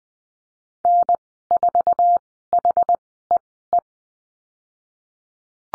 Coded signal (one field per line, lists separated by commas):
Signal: Morse code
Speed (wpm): 20 wpm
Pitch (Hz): 700 Hz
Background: none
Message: N4HEE